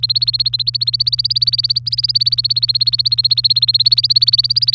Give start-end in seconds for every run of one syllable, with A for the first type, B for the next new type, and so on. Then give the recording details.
0.00-4.74 A. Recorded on 24 April 2018 at 06:06. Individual llb3